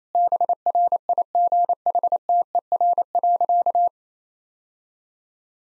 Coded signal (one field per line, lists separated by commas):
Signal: Morse code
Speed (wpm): 27 wpm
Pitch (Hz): 700 Hz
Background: none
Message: BRIGHTER.